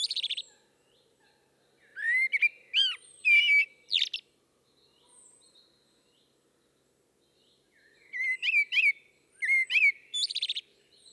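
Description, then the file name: Common blackbird singing mellow whistled phrases that break into high scratchy twitters, with a silent gap of about four seconds between phrases. "Turdus merula"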